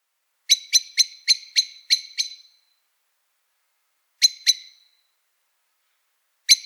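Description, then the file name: Common blackbird delivering a rapid series of seven sharp chinking notes, then two after a long pause, and one more at the very end. "Turdus merula"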